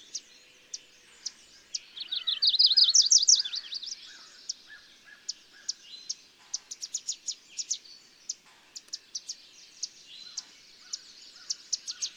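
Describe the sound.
Bird song: isolated high chirps, then a short rapid warbling trill, followed by many crisp chirps in quick irregular succession.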